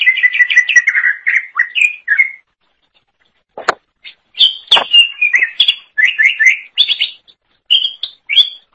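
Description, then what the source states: Leafbird gives rapid trilled and whistled phrases, then after a pause further bright, varied song phrases, with two sharp clicks. Cucak ijo song.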